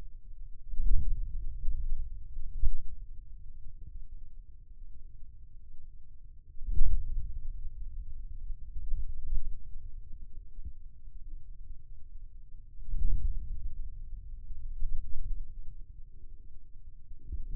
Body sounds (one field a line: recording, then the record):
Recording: forearm muscle sounds (acoustic myography)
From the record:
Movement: hand closing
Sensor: system 2, bracelet of six BSWA MPA416 microphones around the upper forearm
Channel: 6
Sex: male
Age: 22 years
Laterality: right